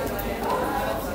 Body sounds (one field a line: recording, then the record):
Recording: background sound without coughing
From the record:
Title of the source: 40 min - Ambience sounds UNIVERSITY lunchroom chatting